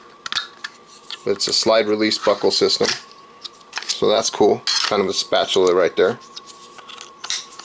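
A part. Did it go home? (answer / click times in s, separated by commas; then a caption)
yes / 7.3 s. Someone talks while handling a Stanley prep and cook set camp cooking spatula, with a few small clicks near the start. The spatula head is snapped into its plastic slide-release buckle handle and seats with a sharp click at 7.3 s, locking the head to the handle.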